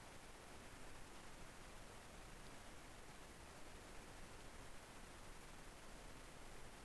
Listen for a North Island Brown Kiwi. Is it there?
no